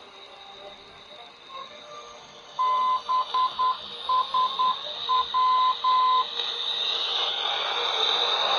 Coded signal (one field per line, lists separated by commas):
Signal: Morse code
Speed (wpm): 10 wpm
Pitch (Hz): 1020 Hz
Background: radio noise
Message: BSW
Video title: Baneasa Southwest NDB (BSW) 521kHz - AKAI PR004A-310 - Romania